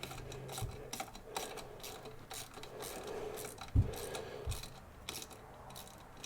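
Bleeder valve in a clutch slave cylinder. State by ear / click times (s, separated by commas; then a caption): stripped / none. A wrench is turned on the bleeder valve of the clutch slave cylinder on a 2001 KTM 250SX, giving light metallic ticks and scrapes at about 0.0, 0.9, 1.4, 3.6 and 5.1 seconds, with a louder knock near 3.8 seconds. The valve never tightens and nothing seats or clicks, because the bleeder valve thread is completely stripped.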